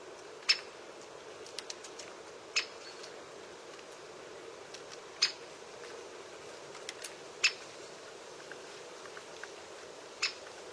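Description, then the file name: Great spotted woodpecker calling with isolated, piercing kik notes every couple of seconds, some faint ticks between, over steady hiss. "Canto do pica pau malhado grande"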